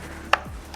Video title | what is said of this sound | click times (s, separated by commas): MY EXPERIENCE WITH BOOSTED BOARD SUPPORT (Motor Clicking Issue) + MOTOR REPLACEMENT | Snaps right in. | 0.3 s